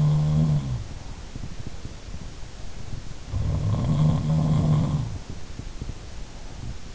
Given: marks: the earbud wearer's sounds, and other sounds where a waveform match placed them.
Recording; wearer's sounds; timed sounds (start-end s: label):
sounds in sleep by an in-ear microphone; breath
0.00-1.92 s: sound from someone else or the room
0.66-1.92 s: breath
3.01-5.40 s: sound from someone else or the room
5.74-6.85 s: breath